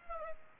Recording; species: mosquito wingbeat signal from an infrared sensor; Aedes aegypti